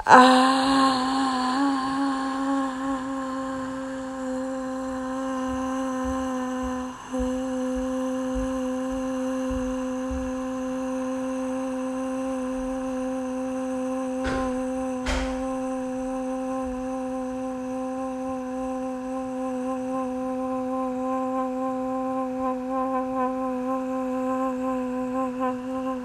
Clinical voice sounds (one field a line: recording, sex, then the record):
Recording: sustained vowel /a/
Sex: female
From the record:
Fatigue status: no fatigue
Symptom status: asymptomatic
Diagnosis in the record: COVID-19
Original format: m4a